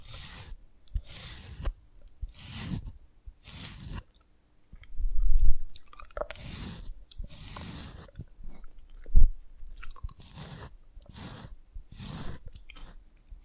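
Dalgona candy being tapped and cracked, heard as short crisp crunchy bursts roughly every second, some with a low thud beneath. The strongest snaps land near five and nine seconds. Between bursts there is near silence, with a brief full gap around four seconds.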